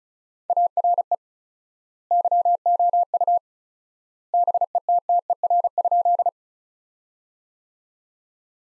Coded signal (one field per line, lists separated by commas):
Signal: Morse code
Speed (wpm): 36 wpm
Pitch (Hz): 700 Hz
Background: none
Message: ARE YOU BETTER?